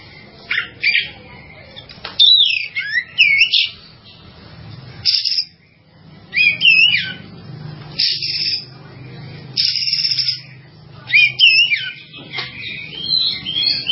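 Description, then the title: Java sparrow song of quick, bright chirps and bell-like twitters in short bursts separated by pauses, over a soft low background hum. "kicau gelatik"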